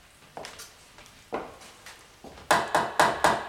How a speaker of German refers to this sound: Warum klopfen Sie?